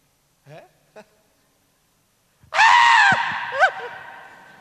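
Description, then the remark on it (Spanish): Two quick gasping breaths, then a loud, sustained scream of fear that wavers and drops in pitch, followed by a shorter rising cry, as a voice imitates the disciples screaming in fear at the sight of Jesus during the Bible story of the boat on the rough sea. “¿Cómo es gritar de miedo?”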